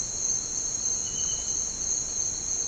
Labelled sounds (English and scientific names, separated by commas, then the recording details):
none
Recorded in dense forest near Puerto Asís, Putumayo, Colombia, on 13 March 2025 at 07:30
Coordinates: 0.467, -76.328
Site G041